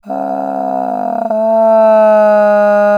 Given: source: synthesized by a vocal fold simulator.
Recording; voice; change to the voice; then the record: sustained vowel; female; asymmetry, level 11 of 51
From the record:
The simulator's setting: 2.00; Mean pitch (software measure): 167 Hz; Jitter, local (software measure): 1.70%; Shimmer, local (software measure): 3.2%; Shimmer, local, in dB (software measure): 0.37 dB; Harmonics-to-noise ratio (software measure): 20.7 dB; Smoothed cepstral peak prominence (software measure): 13.4 dB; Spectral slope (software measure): -25.4 dB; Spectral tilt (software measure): -11.6 dB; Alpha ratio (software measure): -15.9 dB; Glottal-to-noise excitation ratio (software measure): 0.942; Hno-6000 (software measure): 2.4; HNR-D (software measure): 29.8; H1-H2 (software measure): 4.7 dB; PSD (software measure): 2.6e-03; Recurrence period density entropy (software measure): 0.109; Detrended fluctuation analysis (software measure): 0.0299